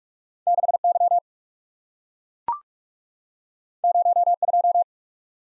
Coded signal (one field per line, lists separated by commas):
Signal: Morse code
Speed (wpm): 44 wpm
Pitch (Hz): 700 Hz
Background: none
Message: 6 Y 0 2